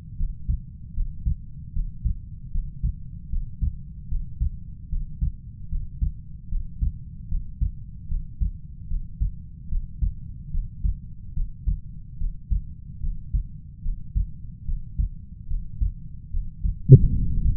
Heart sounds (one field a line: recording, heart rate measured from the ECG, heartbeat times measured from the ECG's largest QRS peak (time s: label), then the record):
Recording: heart sounds by stethoscope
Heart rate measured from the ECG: 74 bpm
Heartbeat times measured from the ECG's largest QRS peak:
0.16 s: heartbeat
0.93 s: heartbeat
1.72 s: heartbeat
2.50 s: heartbeat
3.29 s: heartbeat
4.07 s: heartbeat
4.88 s: heartbeat
5.68 s: heartbeat
6.48 s: heartbeat
7.27 s: heartbeat
8.07 s: heartbeat
8.87 s: heartbeat
9.68 s: heartbeat
10.50 s: heartbeat
11.32 s: heartbeat
12.17 s: heartbeat
12.99 s: heartbeat
13.81 s: heartbeat
14.64 s: heartbeat
15.46 s: heartbeat
16.29 s: heartbeat
17.10 s: heartbeat
From the record:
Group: healthy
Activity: breath hold 0-16 s, rest 16-18 s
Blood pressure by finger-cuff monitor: 99/73 mmHg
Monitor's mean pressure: 81 mmHg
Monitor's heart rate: 75 bpm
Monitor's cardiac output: 5.4 L/min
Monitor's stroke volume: 71 mL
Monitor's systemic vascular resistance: 1100 dyn s/cm5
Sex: male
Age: 20 years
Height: 187 cm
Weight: 68.9 kg